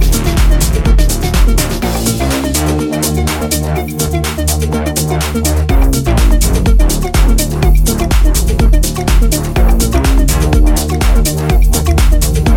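A loud, dense house track with a fast, steady beat and crisp, bright hi-hats ticking throughout. Deep bass notes and sustained chords shift at about two and six seconds, and the level stays constant with no pauses.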